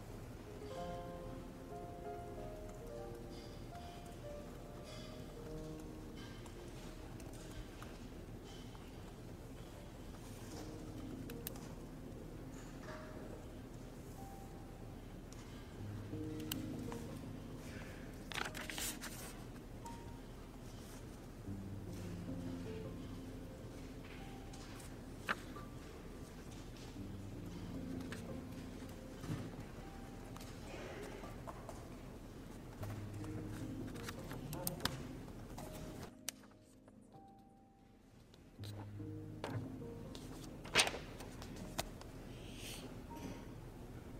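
Inside the Yale library, a steady low murmur of voices and movement runs throughout, with muffled footsteps and scattered knocks and clicks. Brief sharp taps stand out now and then, and around thirty-six seconds the sound drops away almost completely before returning.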